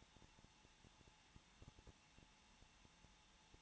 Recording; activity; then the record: daily activity, microphone in the room; no activity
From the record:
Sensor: 1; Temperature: 20.1 degrees Celsius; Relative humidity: 39.4%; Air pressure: 1006.3 hPa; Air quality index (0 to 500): 219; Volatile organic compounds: 82 ppm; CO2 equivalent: 3624 ppm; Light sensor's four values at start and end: 1/2/1/1 and 1/2/1/1